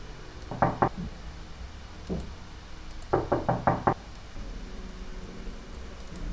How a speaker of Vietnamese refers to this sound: Có tiếng động lạ ngoài cửa sổ, hình như là có ai đang gõ ngoài cửa sổ.